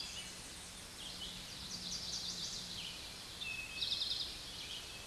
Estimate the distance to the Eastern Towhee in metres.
about 40 m